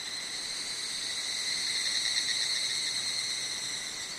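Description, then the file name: Evening cicada: a continuous, piercing, high ringing drone with a faint rapid flutter, holding steady throughout. "higurashi"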